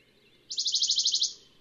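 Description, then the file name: Western Bonelli's warbler giving one short, fast trill of many evenly spaced high notes, steady in pitch, with little else audible. "Pouillot de Bonelli"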